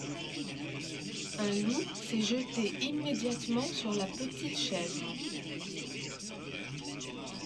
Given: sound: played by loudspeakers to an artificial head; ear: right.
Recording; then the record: speech in noise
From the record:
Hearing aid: none